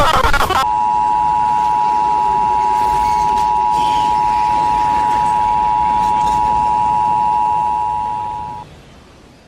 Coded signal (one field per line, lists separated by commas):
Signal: Emergency Alert System (SAME) tones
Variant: 853 and 960 Hz attention tone